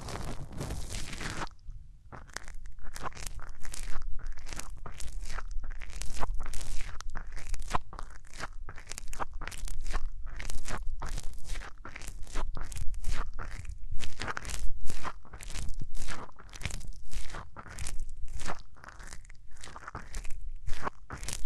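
Hands rub over the ears in quick, dense bursts of crunchy, scratchy rustling, one stroke after another with only brief gaps. The rhythm stays busy and uneven across the whole stretch, bright and crackly, with a low steady rumble underneath and no talking.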